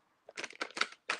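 A disposable plastic liner that doubles as the lid is pressed into a plastic suction-instrument holster, with crinkling, crunching handling noises from about 0.3 s on. It snaps in and seats with a sharp click at 1.1 s.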